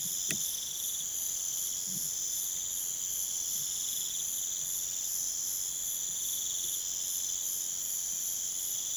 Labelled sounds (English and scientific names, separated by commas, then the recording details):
none
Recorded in pastures near Puerto Asís, Putumayo, Colombia, on 27 June 2025 at 02:00
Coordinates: 0.486, -76.323
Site H29